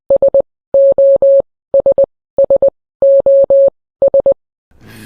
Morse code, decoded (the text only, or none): S O S S O S